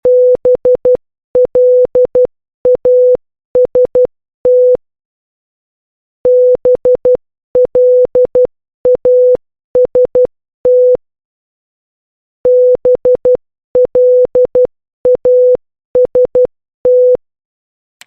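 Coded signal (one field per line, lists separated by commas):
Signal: Morse code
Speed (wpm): 12 wpm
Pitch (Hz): 500 Hz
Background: none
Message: BLAST BLAST BLAST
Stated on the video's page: Morse code practice for letters a through t from a study book.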